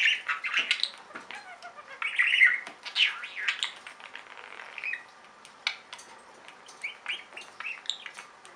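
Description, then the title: Budgerigar chatter of scratchy chirps and warbles that fades to sparse clicks and short squeaks. "Budgie Sounds"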